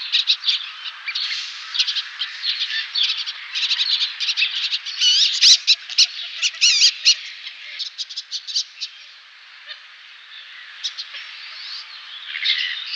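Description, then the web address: Wood duck display calls: a dense run of squeaky whistles and short sharp notes, busiest midway, thinning around ten seconds and picking up again at the end. Male wood duck display. "Schulze Peter Wood Duck male display"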